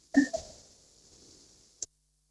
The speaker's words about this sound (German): Ich wähle Telefon.